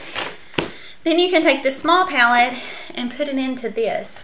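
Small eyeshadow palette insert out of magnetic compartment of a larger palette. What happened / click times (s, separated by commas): The small magnetic insert snapped free of its compartment / 0.6 s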